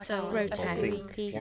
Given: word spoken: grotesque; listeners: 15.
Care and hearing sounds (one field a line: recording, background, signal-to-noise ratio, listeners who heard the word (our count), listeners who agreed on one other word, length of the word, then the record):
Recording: one English word in noise, from a listening test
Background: four-talker babble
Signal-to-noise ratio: -2.2 dB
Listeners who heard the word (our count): 2 of 15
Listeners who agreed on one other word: 8 of 15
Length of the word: 1.00 s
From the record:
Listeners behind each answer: 8, 2, 1, 1, 1, 1, 1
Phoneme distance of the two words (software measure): 20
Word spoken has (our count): 2 syllables, 7 phonemes, stress on syllable 2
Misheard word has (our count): 2 syllables, 7 phonemes, stress on syllable 2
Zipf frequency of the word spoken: 3.34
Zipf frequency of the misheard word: 4.34